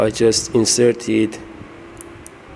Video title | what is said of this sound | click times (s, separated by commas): i3 Plus Mark 2 flashing screen firmware | and you can hear the click sound you know so alright | 2.0 s, 2.3 s